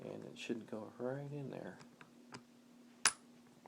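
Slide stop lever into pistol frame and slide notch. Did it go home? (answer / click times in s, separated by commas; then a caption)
yes / 3.1 s. During reassembly of a Smith & Wesson model CS45 .45 ACP pistol, the slide is pulled back slightly and the metal slide stop lever is pushed into its hole in the frame and the slide notch while someone talks. A single sharp metallic click at 3.1 s marks the lever snapping into place, fully seated.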